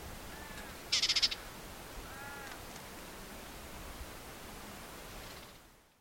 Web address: white throated warbler call